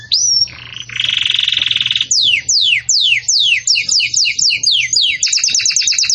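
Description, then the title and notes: Canary song: a rising whistle, a dense buzzy trill, then a quick run of sharply descending whistled notes, finishing with a fast rattling series. Belgian canary song, described as a bell-like song used for teaching young chicks. "Canto Do Canário Belga Campainha Para Encarte De Filhotes. CANARIO"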